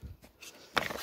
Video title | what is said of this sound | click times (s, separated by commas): Bauer battery weed wacker | You push this button and it pops out. | 0.8 s